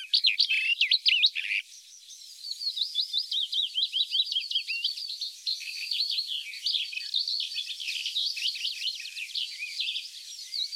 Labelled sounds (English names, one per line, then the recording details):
Barred Warbler song
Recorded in the wild
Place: Flögelner See, Schleswig-Holstein, DE
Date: 1981-06-05
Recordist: Schwarz, Dieter
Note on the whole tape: Song